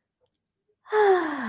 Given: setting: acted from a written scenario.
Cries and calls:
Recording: vocal sound without words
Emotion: serenity

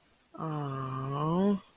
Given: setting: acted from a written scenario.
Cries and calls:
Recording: vocal sound without words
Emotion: disappointment

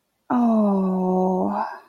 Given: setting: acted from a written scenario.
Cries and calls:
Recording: vocal sound without words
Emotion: sympathy

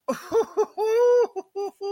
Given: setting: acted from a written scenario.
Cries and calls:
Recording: vocal sound without words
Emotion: elation

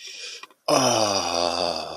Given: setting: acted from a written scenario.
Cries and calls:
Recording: vocal sound without words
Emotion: ecstasy

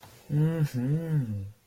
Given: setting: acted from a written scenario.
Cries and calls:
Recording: vocal sound without words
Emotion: sympathy

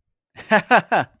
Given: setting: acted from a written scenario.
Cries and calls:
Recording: vocal sound without words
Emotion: amusement

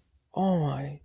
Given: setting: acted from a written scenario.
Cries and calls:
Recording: vocal sound without words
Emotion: positive surprise

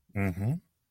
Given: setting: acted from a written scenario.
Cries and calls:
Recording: vocal sound without words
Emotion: neutral

